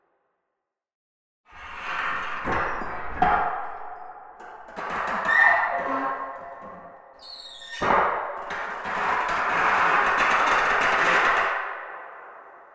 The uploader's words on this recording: PH - IR, Forest Reverb with Blacksmith's Bellows And Wooden Vise by Phonophilist.